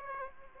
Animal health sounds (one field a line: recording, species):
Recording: mosquito wingbeat signal from an infrared sensor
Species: Aedes aegypti